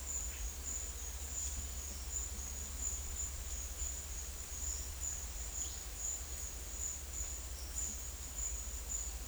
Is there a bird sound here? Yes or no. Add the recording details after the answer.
no. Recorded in secondary vegetation near Puerto Asís, Putumayo, Colombia, on 26 December 2024 at 09:30. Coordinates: 0.488, -76.319. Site GP04